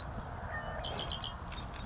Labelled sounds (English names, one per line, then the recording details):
Red-winged Blackbird
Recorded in Sonoma County, California